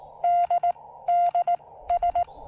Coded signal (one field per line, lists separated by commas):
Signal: Morse code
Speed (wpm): 19 wpm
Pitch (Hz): 690 Hz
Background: none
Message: DDS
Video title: A Solar-Powered POTA Activation with the BuddyPole PowerMini 2 charge controller